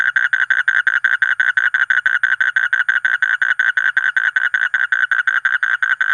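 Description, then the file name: Asian common toad calling with quick, regular buzzy pulses, steady in pitch. "suara kodok bangkong kolong kodok buduk"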